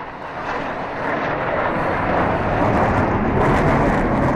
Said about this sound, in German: Um 15.50 Uhr donnern zwei F-16-Kampfjets im Tiefflug über das Stadtzentrum hinweg und drehen ab Richtung Osten. Eine Machtdemonstration. Der Lärm ist so ohrenbetäubend, dass wir uns instinktiv ducken.